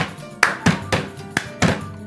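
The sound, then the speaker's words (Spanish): Five dull hand slaps on a table in a short, slightly uneven percussion rhythm, played as a coordination exercise and ending in a double flam, each a thumping hit with a quick decay; no voices. “Pero igual la coordinación estuvo medio complicada. Tiró un doble flam.”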